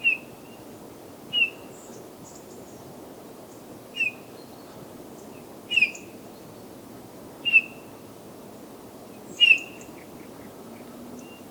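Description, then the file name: Eurasian bullfinch giving soft, piping whistled calls, each a short note, repeated every one and a half to three seconds over faint background hiss. "Pyrrhula pyrrhula"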